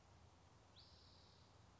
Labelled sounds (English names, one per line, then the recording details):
Spotted Towhee
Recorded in Sonoma County, California